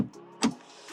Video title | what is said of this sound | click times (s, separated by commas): We recovered the headliner in The Gangsta Burb for $75 | It just sits over all the latches and just snaps in place. I got it. | 0.4 s